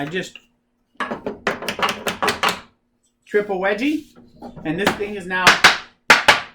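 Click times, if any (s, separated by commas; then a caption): 6.1 s. Wooden wedges in the offset dog holes of a milling table top are tapped home to clamp a board while someone talks. A series of sharp knocks sounds between about 1.0 and 2.3 seconds, followed by a final loud, hard knock at 6.1 seconds. The wedge is tight and the board is locked in place on the milling table.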